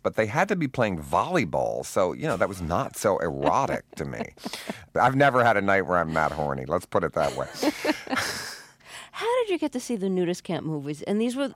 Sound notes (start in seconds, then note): 1.9 laughter; 7.2 laughter